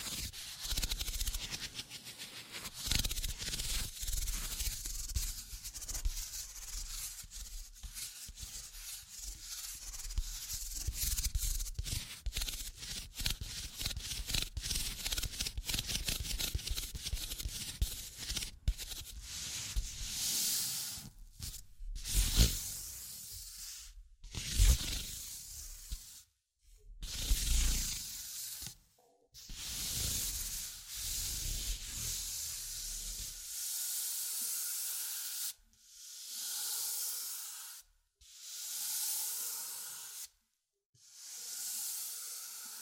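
Tapping, scratching and tracing form a dense, bright rubbing texture early on, then break into separate hissy strokes with silent gaps near the end.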